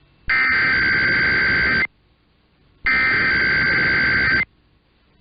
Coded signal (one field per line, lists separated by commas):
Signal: Emergency Alert System (SAME) tones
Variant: header bursts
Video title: A Major Randomly Alerts Monday (EAS #24695-24706) 2/10/25